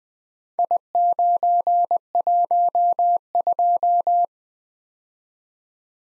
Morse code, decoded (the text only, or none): I912